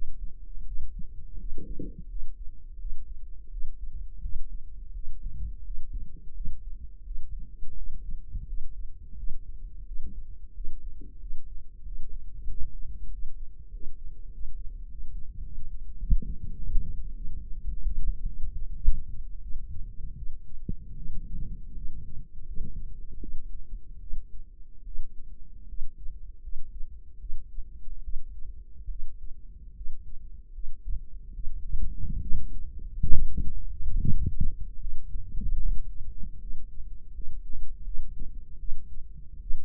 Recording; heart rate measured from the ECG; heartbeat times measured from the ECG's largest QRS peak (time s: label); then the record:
heart sounds by microphone in the right ear; 84 bpm
0.63 s: heartbeat
1.36 s: heartbeat
2.07 s: heartbeat
2.77 s: heartbeat
3.49 s: heartbeat
4.20 s: heartbeat
4.92 s: heartbeat
5.62 s: heartbeat
6.32 s: heartbeat
7.03 s: heartbeat
7.74 s: heartbeat
8.45 s: heartbeat
9.15 s: heartbeat
9.84 s: heartbeat
10.52 s: heartbeat
11.18 s: heartbeat
11.83 s: heartbeat
12.46 s: heartbeat
13.08 s: heartbeat
13.69 s: heartbeat
14.29 s: heartbeat
14.86 s: heartbeat
15.41 s: heartbeat
15.97 s: heartbeat
16.53 s: heartbeat
17.12 s: heartbeat
17.68 s: heartbeat
18.24 s: heartbeat
18.80 s: heartbeat
19.40 s: heartbeat
20.15 s: heartbeat
20.94 s: heartbeat
21.74 s: heartbeat
22.46 s: heartbeat
23.19 s: heartbeat
23.99 s: heartbeat
24.83 s: heartbeat
25.67 s: heartbeat
26.41 s: heartbeat
27.18 s: heartbeat
28.02 s: heartbeat
28.88 s: heartbeat
29.74 s: heartbeat
30.52 s: heartbeat
31.33 s: heartbeat
32.20 s: heartbeat
33.09 s: heartbeat
33.97 s: heartbeat
34.77 s: heartbeat
35.55 s: heartbeat
36.39 s: heartbeat
37.12 s: heartbeat
37.83 s: heartbeat
38.57 s: heartbeat
39.39 s: heartbeat
From the record:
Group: healthy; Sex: female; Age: 19 years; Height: 163 cm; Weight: 51 kg